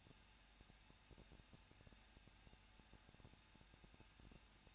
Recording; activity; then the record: daily activity, microphone in the room; no activity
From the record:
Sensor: 2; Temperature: 21.0 degrees Celsius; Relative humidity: 37.5%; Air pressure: 1006.3 hPa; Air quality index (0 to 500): 223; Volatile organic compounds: 25 ppm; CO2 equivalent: 2832 ppm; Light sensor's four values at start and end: 2/3/2/2 and 2/3/2/2